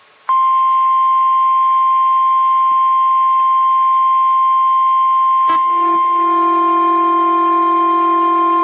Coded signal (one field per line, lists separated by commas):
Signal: Emergency Alert System (SAME) tones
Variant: 1050 Hz attention tone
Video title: SVR once again. (EAS #88)